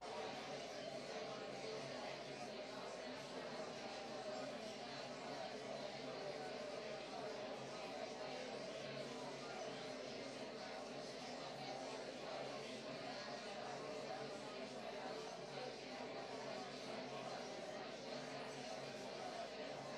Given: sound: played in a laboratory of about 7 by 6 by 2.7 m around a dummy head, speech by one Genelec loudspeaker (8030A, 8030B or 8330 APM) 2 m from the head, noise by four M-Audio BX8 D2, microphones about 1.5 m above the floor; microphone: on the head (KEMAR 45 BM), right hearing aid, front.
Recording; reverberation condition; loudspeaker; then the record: babble noise; medium; four, about 170 cm from the corners of the room and facing them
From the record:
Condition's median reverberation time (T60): about 510 ms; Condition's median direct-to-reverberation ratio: about -0.5 dB